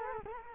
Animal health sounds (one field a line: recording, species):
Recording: mosquito wingbeat signal from an infrared sensor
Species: Culex quinquefasciatus